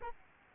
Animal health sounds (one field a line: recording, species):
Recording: mosquito wingbeat signal from an infrared sensor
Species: Aedes albopictus